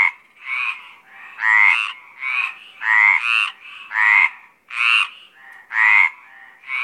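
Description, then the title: Mediterranean tree frogs in a chorus, loud raspy croaks overlapping with fainter answering calls, an uneven, almost continuous run of throaty notes. Mediterranean tree frogs calling at Apt, Vaucluse, in April 2010. "Sylvain Jaskowiak - Animus. Rainettes méridionales - Apt, Vaucluse - avril 2010"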